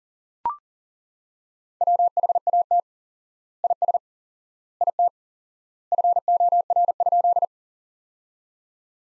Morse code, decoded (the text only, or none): WHAT IS IT FOR?